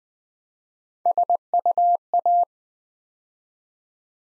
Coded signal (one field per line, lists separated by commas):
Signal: Morse code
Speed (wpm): 21 wpm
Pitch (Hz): 700 Hz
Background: none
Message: SUA